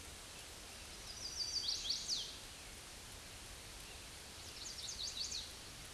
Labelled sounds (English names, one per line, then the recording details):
Chestnut-sided Warbler song
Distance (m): 35 m
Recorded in a Pennsylvania forest on 18 May 2023 at 06:20
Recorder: AudioMoth, point grid1_41_low
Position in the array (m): 120 m, 210 m